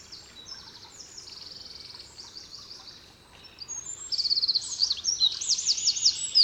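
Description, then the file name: Eurasian wren song, faint thin trills at first, swelling after four seconds into loud, sharp, rapidly repeated high notes. "Troglodytes troglodytes"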